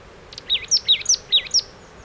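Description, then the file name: Marsh tit calls: six quick, explosive notes in about a second, alternating higher and lower, each dropping in pitch, on a quiet background. "Poecile palustris"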